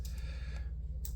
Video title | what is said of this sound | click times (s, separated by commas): Microtech Ultratech Disassemble and Reassemble | pull that back, and you can kind of hear it click in place. | 1.0 s